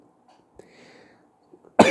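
A man coughs once, a short burst; his cough has not yet healed.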